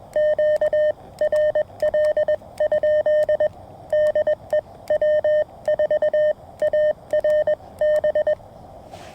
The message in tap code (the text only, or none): none